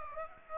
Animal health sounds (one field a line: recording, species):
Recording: mosquito wingbeat signal from an infrared sensor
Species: Aedes aegypti